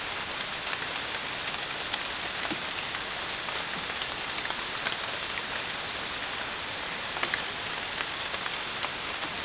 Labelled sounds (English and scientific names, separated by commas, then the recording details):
none
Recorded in dense forest near Puerto Asís, Putumayo, Colombia, on 27 June 2025 at 16:30
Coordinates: 0.484, -76.317
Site G045